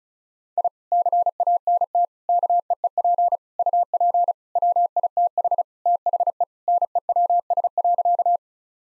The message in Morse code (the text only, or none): I CANT KEEP UP WITH THE NEWS.